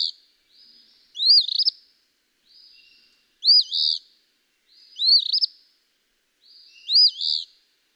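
Eastern phoebe song: four raspy two-part fee-bee phrases, each rising then dropping, repeated about every two seconds with soft short notes between them.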